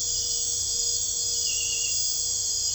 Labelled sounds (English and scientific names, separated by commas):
none